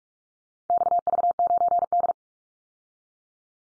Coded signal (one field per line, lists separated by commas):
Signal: Morse code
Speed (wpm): 44 wpm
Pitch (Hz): 700 Hz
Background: none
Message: XV9D